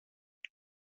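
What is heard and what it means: A metal jump ring with a lobster clasp attached, found still slightly open, is pressed further closed with pliers on a retry. A single short, bright metallic click sounds at 0.5 s in otherwise silence. The ring's ends click together and it is closed.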